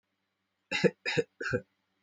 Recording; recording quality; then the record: shallow voluntary cough; excellent, no background noise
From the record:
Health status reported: healthy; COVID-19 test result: not tested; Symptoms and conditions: asthma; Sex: male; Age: 22 years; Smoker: not ticked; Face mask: not worn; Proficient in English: yes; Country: India